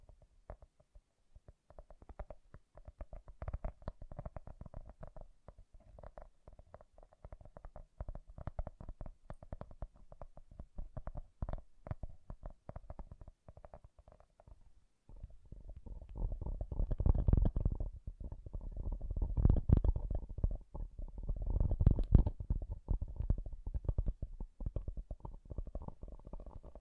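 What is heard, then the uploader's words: Soft tapping with a deep, bassy body, quick irregular taps packed closely together for about the first fifteen seconds. After a brief pause the sound turns fuller and louder, a denser thudding with a low rumble underneath, a few sharper taps standing out. ASMR Bassy and Soft Tapping Sounds. No Talking.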